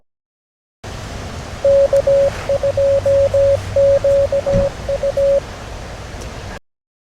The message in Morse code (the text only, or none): K2QU